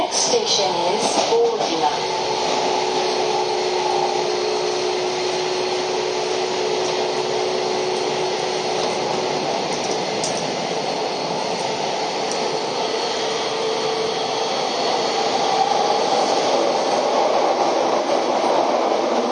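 A Keio 5000 series train rides along in a steady, dense roar that barely changes for the whole stretch. A faint tone hums underneath through the first half, and a few brief clicks and knocks come early, around the first two seconds.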